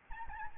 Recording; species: mosquito wingbeat signal from an infrared sensor; Aedes albopictus